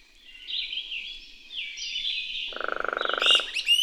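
Bird singing a sweet warbled phrase of slurred whistles, interrupted by a low buzzy pulsed croak near the end, then bright high chirps.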